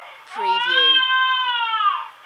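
A single high-pitched infant crying wail lasting about two seconds, rising at the start and fading at the end, with a thin, slightly tinny tone as if heard over a baby monitor.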